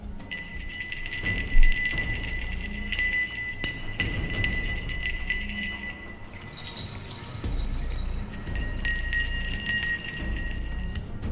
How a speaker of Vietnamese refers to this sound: Lão cầm cây pháp trượng rung lên, những cái vòng khuyên ở trên cây pháp trượng kêu leng ca leng keng nghe như là tiếng chuông.